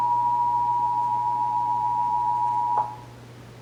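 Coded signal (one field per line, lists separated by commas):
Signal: Emergency Alert System (SAME) tones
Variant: 853 and 960 Hz attention tone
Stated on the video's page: Texas required monthly test EAS tones heard on multiple radio and TV stations including WBAP AM and FM.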